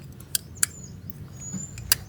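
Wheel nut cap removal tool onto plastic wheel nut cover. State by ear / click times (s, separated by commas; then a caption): seated / 1.9 s. A plastic wheel-nut cover puller is spread and pushed over the plastic nut cap on a BYD Dolphin Standard Range wheel. Several sharp clicks sound over faint high chirps and low background noise. The puller seats onto the cap with a loud click at 1.9 s, so the cap can be pulled off.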